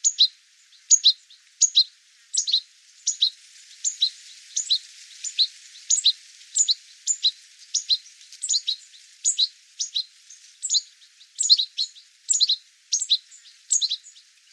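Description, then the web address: Bird calls: short, high, sharp chirps repeated in a steady series against a quiet background. "cianscape birddata Deverinetal 2025 File cleaned normalized Bird"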